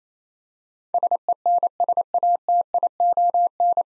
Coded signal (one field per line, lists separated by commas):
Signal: Morse code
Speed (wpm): 28 wpm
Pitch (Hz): 700 Hz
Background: none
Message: SENSATION